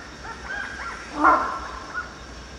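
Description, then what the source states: Rhinoceros hornbill giving a single loud, harsh honking note that swells and fades, with fainter notes before it. Recorded at Danum on 1 January 2008.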